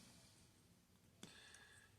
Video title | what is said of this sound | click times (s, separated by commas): Penn Spinfisher SSVI 6500LL Teardown | and just kind of get that popped into place | 1.2 s